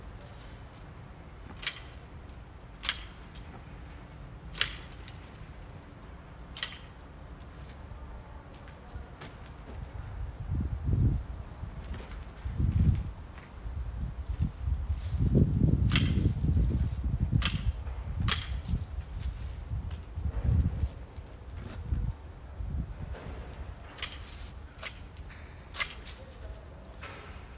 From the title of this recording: pruning the tree in the backyard